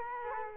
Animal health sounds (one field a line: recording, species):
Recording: mosquito wingbeat signal from an infrared sensor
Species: Culex quinquefasciatus